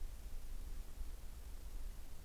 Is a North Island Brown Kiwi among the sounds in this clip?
no